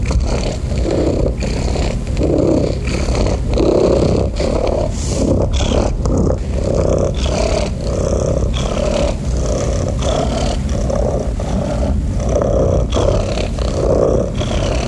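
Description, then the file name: Domestic cat purr, a low, grainy vibration running without pause. "SOUNDS FX MASTER. Cat Purring"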